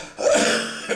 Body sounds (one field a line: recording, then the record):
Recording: coughing mixed with background sound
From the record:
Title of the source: Wet Throat Infection Cough